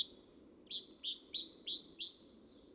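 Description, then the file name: Great tit calling: a long thin high note, then a quick series of about five sharp, downward-slurred chips, evenly spaced. "Parus major"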